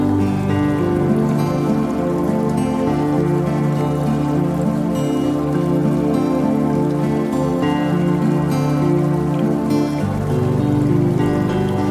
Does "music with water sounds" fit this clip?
yes